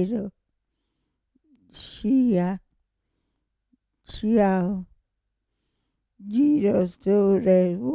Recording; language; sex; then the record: read list of words; Italian; female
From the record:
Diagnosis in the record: Parkinson's disease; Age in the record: 65 years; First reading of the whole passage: 242 s, 2.1 characters per second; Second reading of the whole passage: 180 s, 2.9 characters per second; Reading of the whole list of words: 168 s, 1.7 characters per second